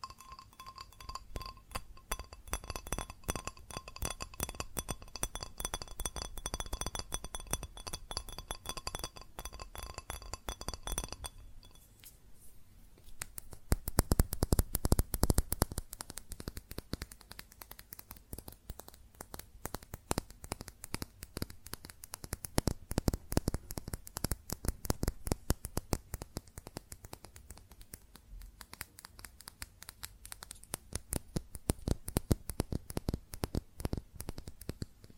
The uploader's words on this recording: ASMR Fast Tapping on GlassCeramic Objects (No Talking).